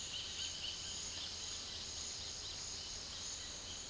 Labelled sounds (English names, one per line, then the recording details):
Roadside Hawk
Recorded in secondary vegetation near Puerto Asís, Putumayo, Colombia, on 18 February 2024 at 10:00
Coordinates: 0.481, -76.323
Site G6376